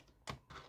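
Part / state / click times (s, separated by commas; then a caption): plastic D-block fitted onto an RC buggy chassis / seated / 0.3 s. A plastic D-block is tucked onto the chassis of a Team Associated RC10 B7 1/10th off-road buggy and pressed until it locks into place. A short, sharp snap is heard at 0.3 seconds, followed by quieter handling noise. The block is seated.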